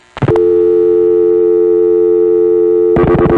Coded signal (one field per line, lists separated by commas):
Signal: telephone call progress tone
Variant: North America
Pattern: dial tone